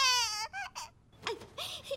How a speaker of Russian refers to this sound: Плачет. Какое жалкое зрелище.